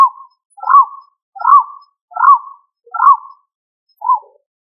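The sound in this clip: Pigeon giving brief hooting notes that arch up and down, six in a row at a steady pace, with nothing else audible.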